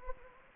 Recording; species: mosquito wingbeat signal from an infrared sensor; Anopheles gambiae